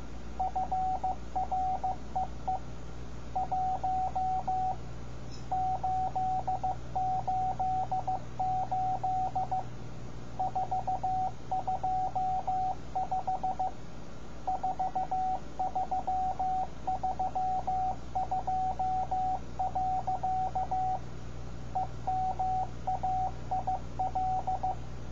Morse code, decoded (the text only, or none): FREE 1 888 425 4332. EMAIL